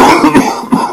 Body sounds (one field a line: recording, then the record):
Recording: coughing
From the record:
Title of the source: Coughing 77